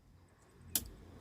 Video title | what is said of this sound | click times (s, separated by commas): PENJELASAN LENGKAP FUNGSI TUAS, TOMBOL, DAN INDIKATOR YANG ADA DI ISUZU PANTHER‼️ BANYAK YANG BEDA‼️ | Sampai klik, nah nyala biru. | 0.8 s